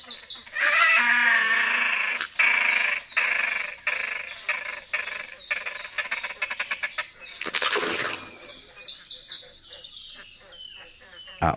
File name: PERKOZ DWUCZUBY